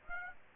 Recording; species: mosquito wingbeat signal from an infrared sensor; Aedes aegypti